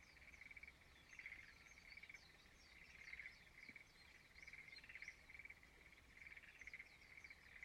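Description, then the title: Frogs in full chorus, rattling pulses swelling louder again and again, while quick chirps sound higher up. Frogs singing in a rice field at dawn in Izumo, Shimane Prefecture, Japan. "Frog singing in the rice field Izumo"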